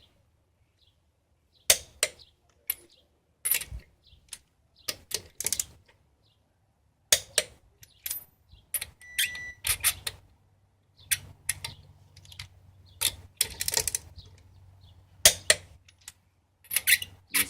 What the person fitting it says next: always good to hear that click, and you know it's properly torqued up.